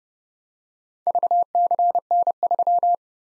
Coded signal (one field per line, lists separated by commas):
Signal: Morse code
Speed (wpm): 30 wpm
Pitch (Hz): 700 Hz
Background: none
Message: VCN3